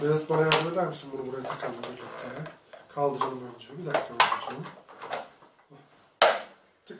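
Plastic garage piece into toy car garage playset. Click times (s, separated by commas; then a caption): 6.2 s. A father and child lift a plastic piece of a Hot Wheels garage set and press it into its slot on the toy garage while someone talks. One sharp, loud plastic snap is heard at 6.2 s as the piece seats into place.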